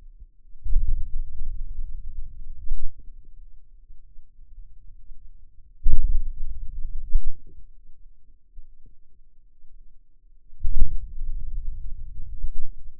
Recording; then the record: forearm muscle sounds (acoustic myography)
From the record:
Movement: hand opening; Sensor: system 2, bracelet of six BSWA MPA416 microphones around the upper forearm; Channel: 5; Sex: male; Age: 22 years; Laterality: right